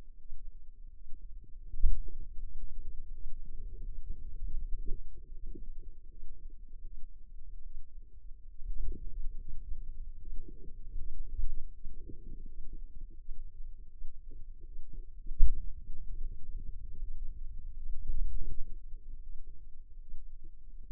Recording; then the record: forearm muscle sounds (acoustic myography)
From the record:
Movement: finger pinch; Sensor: system 2, bracelet of six BSWA MPA416 microphones around the upper forearm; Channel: 2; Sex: female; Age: 25 years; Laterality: right